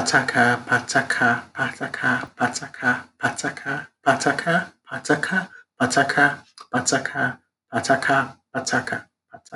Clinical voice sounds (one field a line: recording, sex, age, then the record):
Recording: repeated syllables /pa ta ka/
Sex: male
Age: 30 to 39 years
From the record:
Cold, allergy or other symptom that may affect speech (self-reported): no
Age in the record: 35 years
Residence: Virginia, United States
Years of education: 18